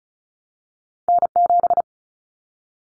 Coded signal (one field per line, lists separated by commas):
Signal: Morse code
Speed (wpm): 36 wpm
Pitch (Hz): 700 Hz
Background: none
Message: N7